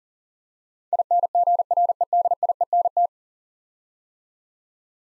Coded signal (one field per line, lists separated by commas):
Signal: Morse code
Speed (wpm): 43 wpm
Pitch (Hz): 700 Hz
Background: none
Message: INGREDIENT